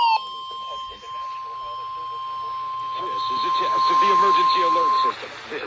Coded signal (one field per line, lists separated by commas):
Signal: Emergency Alert System (SAME) tones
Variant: 1050 Hz attention tone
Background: speech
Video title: Required Weekly Tests (EAS #600-606)